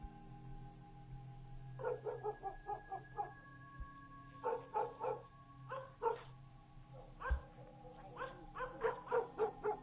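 A dog barks loudly at a gate at midnight in rapid bursts, four or five clusters of sharp, yappy barks separated by brief pauses, with a steady low hum running underneath.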